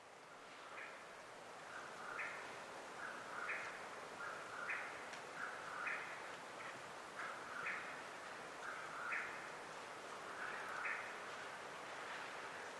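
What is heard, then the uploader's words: A Mexican Whip-poor-will sings a short, burry, rising phrase over and over, about once every one to two seconds. A steady hiss of night air or insects fills the background throughout. At the South Fork Cave Creek Canyon Trailhead in the Chiricahua Mountains of SE Arizona, near Portal.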